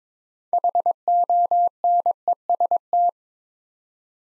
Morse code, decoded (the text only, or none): HONEST